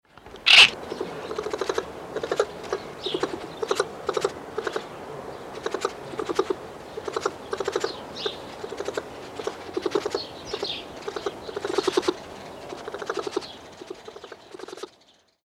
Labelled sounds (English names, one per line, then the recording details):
Yellow-throated Marten
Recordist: Tembrock, Günter
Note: Muckern zweier Männchen